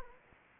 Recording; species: mosquito wingbeat signal from an infrared sensor; Anopheles arabiensis